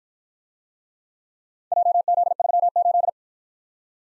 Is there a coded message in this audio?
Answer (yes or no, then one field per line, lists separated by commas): yes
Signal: Morse code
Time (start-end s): 1.7-3.1 s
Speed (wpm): 50 wpm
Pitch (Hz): 700 Hz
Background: none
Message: JZ38